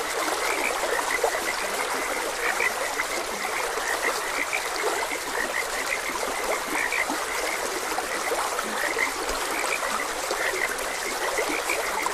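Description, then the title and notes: Frogs give brief repeated croaks in a thick unbroken chorus while stream water gurgles and hisses steadily underneath. Frogs croaking beside a gentle stream; nature ambience for rest, meditation and sleep. "Gentle Stream and Frogs Croaking. Sleep and Relaxation Podcast"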